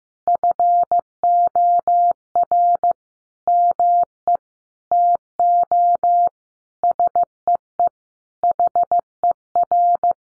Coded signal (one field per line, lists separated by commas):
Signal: Morse code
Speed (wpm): 15 wpm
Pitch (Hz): 700 Hz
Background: none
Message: FOR ME TO SEE HER